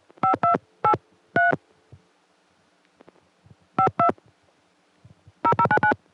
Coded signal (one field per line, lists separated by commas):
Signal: DTMF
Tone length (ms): 100 ms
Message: 5283 52 0099